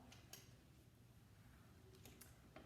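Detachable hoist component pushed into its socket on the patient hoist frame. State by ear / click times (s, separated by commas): not seated / none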